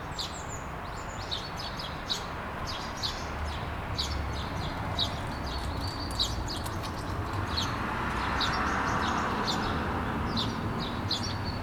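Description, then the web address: Sparrow chirps, short sharp high notes repeated rapidly and irregularly over a steady low background hum. "linnut varpuset"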